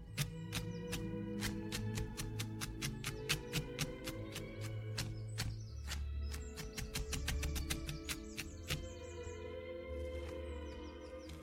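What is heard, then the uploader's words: Oldies music plays throughout, carried by a steady beat of sharp taps roughly twice a second. Low bass notes hold and shift underneath, with sustained tones in the middle; the level stays even, and no distinct kitchen sounds stand out. Vintage kitchen ASMR Ambience.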